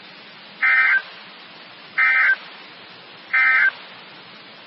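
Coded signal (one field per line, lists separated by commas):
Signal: Emergency Alert System (SAME) tones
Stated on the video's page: Required monthly and weekly tests.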